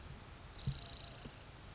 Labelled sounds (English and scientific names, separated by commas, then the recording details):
Spotted Towhee (Pipilo maculatus)
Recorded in Sonoma County, California